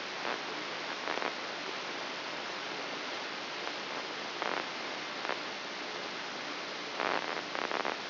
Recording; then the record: brain microelectrode recording played as sound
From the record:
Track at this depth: outside the subthalamic nucleus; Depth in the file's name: 7.304 mm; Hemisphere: left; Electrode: 3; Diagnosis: Parkinson's disease